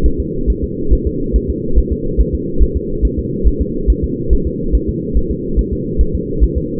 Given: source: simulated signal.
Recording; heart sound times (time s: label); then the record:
fetal heart sounds
0.06 s: S1
0.20 s: S2
0.50 s: S1
0.64 s: S2
0.93 s: S1
1.07 s: S2
1.36 s: S1
1.50 s: S2
1.79 s: S1
1.93 s: S2
2.20 s: S1
2.35 s: S2
2.63 s: S1
2.77 s: S2
3.05 s: S1
3.19 s: S2
3.48 s: S1
3.62 s: S2
3.90 s: S1
4.04 s: S2
4.33 s: S1
4.47 s: S2
4.75 s: S1
4.89 s: S2
5.17 s: S1
5.31 s: S2
5.59 s: S1
5.73 s: S2
6.01 s: S1
6.15 s: S2
6.44 s: S1
6.58 s: S2
From the record:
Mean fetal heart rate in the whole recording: 140 bpm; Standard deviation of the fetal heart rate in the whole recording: 2 bpm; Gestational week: 34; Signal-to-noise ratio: -8.1 dB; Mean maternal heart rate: 72 bpm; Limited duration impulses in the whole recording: present